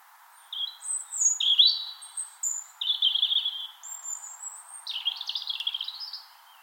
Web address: Punarinta lauri hallikainen. muuttolintukalenteri punarinnan laulu sulostuttaa kevataamuja